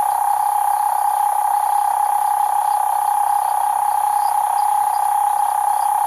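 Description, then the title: Cane toad call: a continuous, steady trill droning without a break. Cane toads calling at night, Australia, 2011. "EMERGING TERRITORIES. Cane Toads at Night"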